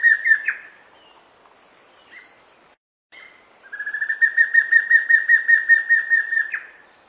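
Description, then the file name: Giant antshrike: the tail of one rattling phrase, a quiet pause with faint calls, then a full three-second series of quick pulsed notes ending in an upslurred note. "Canto do matracao"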